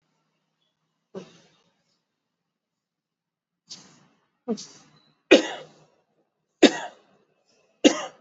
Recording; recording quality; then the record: heavy voluntary cough; poor, much background noise or distortion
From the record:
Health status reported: exposed to COVID-19, no respiratory illness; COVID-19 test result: not tested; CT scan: not taken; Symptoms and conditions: none ticked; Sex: male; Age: 40 years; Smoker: no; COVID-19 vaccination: both doses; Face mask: worn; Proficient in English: yes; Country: India